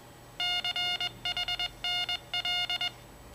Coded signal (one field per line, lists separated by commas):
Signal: Morse code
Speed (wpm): 21 wpm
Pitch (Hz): 2850 Hz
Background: none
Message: CHNL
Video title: Firmware MD380Tools, maggio 2017, Morse Output implementato.